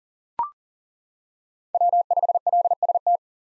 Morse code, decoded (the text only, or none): W5LST